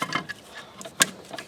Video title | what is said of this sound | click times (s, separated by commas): DIY - 02 F250 Power stroke Diesel Batteries & Alternator Replacing | it's snapped on you can hear it snap | 1.0 s